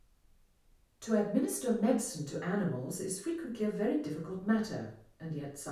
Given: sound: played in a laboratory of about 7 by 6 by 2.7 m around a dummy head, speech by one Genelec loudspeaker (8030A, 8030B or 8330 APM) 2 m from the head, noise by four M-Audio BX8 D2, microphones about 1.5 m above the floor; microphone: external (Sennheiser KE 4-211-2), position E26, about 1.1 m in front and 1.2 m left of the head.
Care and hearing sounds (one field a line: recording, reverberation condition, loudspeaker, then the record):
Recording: female speech in English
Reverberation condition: medium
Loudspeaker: 120 degrees to the right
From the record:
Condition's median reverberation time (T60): about 510 ms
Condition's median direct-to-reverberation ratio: about -0.5 dB